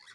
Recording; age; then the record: pig call; piglet (1 to 25 days)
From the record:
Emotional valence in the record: positive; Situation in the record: reunion after long isolation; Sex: male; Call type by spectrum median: high-frequency call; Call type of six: low-frequency tonal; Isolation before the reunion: 8 minutes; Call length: 0.15 s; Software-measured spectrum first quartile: 1730 Hz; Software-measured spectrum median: 2836 Hz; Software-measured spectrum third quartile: 4605 Hz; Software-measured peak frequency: 1944 Hz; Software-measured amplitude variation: 109 dB a second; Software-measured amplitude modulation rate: 16.7 a second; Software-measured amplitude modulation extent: 6.5 dB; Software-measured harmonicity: 4.8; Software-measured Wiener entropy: -1.99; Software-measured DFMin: 1022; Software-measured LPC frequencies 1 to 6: 1157, 1600, 1984, 3436, 3800, 4454 Hz